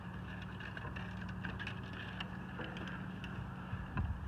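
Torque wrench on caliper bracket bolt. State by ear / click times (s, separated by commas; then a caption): not seated / none. A click-type torque wrench set to 54 lb-ft is pulled on the 12 mm rear caliper bracket bolts of a 2010-2015 Kia Optima, stopped short because the bolts feel too tight. Over a steady background hiss come a few faint ticks, likely from the ratchet, and a louder low thump near 4.0 s. The wrench has not clicked yet.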